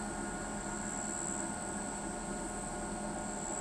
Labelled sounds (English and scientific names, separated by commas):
none